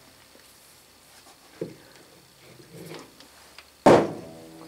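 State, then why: Not seated. A rusty steel ratchet adapter is pushed onto the square drive of a breaker bar, giving a few short metallic taps and scrapes and then a loud, ringing clank near the end. It will not go in because of the rust, and nothing seats or clicks into place.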